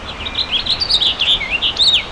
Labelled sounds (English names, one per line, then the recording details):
House Finch song
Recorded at Glen Cove on Long Island, New York, on 14 June 2013
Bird A